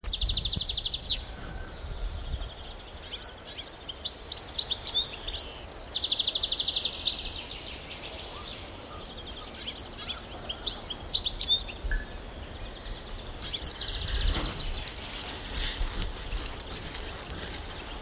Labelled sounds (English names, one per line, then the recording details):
European Goldfinch song
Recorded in the wild
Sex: male
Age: adult
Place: Berlin, OT Blankenfelde, Berlin, DE
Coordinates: 52.6439, 13.4019
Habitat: urban settlement
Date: 1988-04-17 11:23
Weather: 16-18°C
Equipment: Sony WM-D6C, Sony ECM-939 LT, Kopie 19 cm
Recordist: Tembrock, Günter
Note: Arkenberge (Siedlung). Gesang